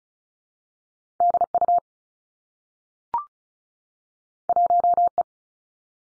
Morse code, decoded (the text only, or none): D U 1 E